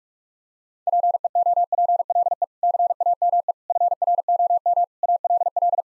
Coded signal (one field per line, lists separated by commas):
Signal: Morse code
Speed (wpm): 46 wpm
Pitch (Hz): 700 Hz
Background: none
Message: PEOPLE CAME FROM ALL